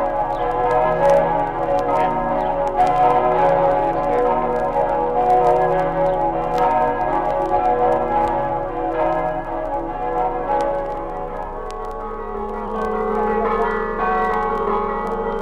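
Several church bells of Friuli peal together without pause, their repeated metallic strikes overlapping into a dense, steady wash of ringing tones and a lingering hum.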